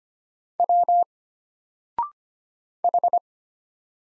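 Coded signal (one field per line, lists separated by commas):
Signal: Morse code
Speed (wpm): 25 wpm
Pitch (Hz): 700 Hz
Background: none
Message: W H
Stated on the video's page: Morse drill of single letters at 25 wpm, each sent, then spoken after a 0.6-second pause, then sent again, for instant character recognition.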